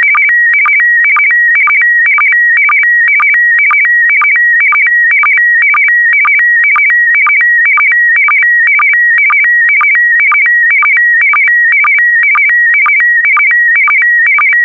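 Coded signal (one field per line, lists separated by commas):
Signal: SSTV (slow-scan television)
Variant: PD120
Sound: warbling steady tones switching high and low, with regular short low blips twice a second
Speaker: complete. You can now check your decoded image against the picture that is shown on the video.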